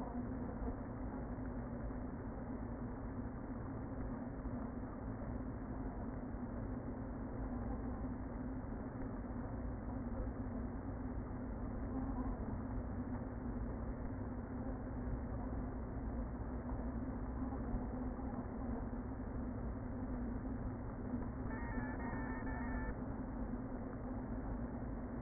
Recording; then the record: honeybee colony, microphone inside the hive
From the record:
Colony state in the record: queen present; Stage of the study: before two queens were removed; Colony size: about 60,000 bees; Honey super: yes